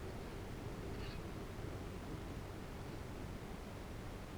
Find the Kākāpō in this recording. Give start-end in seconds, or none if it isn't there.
none